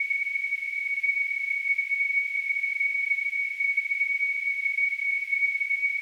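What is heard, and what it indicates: A steady, high-pitched whistling tone near 2 kHz sits over a faint hiss and holds unchanged for the full six seconds. It imitates tinnitus, the constant ringing or whistling some people hear in their ears.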